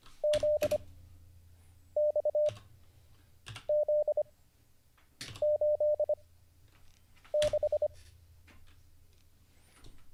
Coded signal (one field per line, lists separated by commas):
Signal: Morse code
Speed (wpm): 25 wpm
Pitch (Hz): 600 Hz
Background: none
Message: ZXZ86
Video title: How to Learn Morse Code (Day 38) [Livestream]